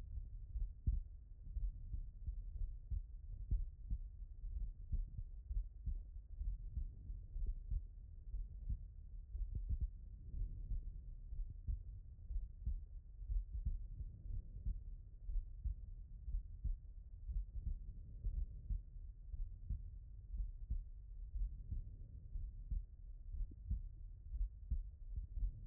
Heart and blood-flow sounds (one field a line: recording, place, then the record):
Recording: heart sounds by stethoscope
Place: tricuspid valve (TV)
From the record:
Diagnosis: non-HFrEF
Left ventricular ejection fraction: 60%